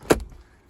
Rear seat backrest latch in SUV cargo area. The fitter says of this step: click. So that will actually lock in place for you.